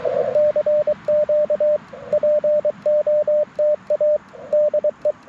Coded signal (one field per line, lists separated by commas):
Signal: Morse code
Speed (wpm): 23 wpm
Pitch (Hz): 600 Hz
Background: radio noise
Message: CQ POTA DE